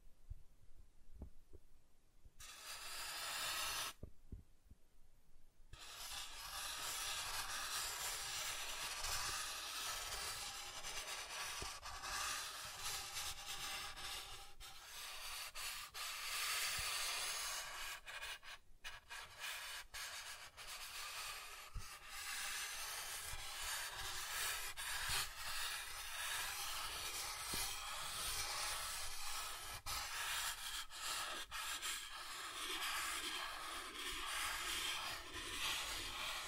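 Soft tracing across smooth and rough surfaces makes a continuous hissing rub, bright and airy with little low end. After two brief pauses near the start, the scraping runs steadily with small swells and grainy texture changes, and a short break around 18 seconds.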